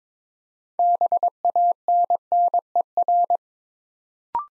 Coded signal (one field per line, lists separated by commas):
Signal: Morse code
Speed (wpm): 23 wpm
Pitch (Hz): 700 Hz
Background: none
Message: BANNER